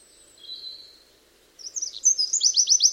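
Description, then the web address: Bird calls: a thin high whistle, a short pause, then a rapid run of sharp, high descending chirps, about four a second, growing louder toward the end. "Deverinetal 2025 File origin Bird Only"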